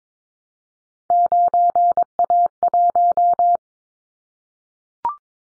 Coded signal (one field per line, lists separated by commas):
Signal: Morse code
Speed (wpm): 22 wpm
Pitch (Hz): 700 Hz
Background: none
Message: 9A1